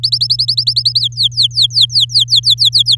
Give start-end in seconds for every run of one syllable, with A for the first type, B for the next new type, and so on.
0.03-1.00 A, 1.00-2.96 B